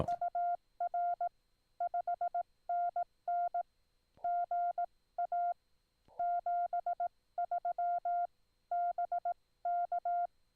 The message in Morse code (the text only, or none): UR 5NN GA 73 BK